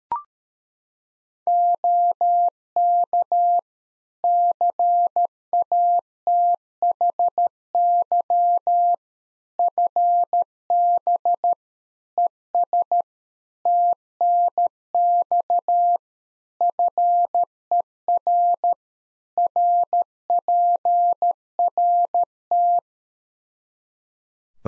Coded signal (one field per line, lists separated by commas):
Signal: Morse code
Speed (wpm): 13 wpm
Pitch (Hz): 700 Hz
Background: none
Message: OK CATHY FB ES TNX FER RPRT